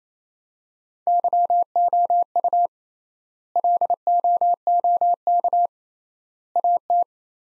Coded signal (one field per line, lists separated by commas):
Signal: Morse code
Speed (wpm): 27 wpm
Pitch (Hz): 700 Hz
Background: none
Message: YOU LOOK AT